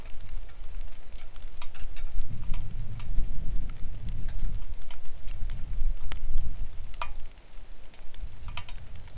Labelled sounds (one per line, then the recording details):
wind
rain
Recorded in the Arctic National Wildlife Refuge, Alaska, on 3 August 2019 at 09:51
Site 41